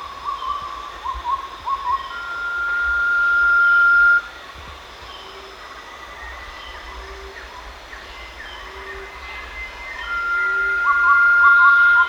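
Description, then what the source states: Blue-banded pitta calls: a long, steady whistle held about two seconds and later a shorter one, with chattering notes before and after. Recorded at Danum on 1 March 2008.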